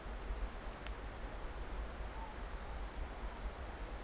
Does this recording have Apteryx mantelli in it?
no